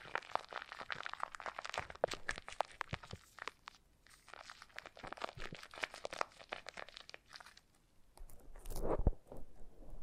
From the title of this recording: Foam Massage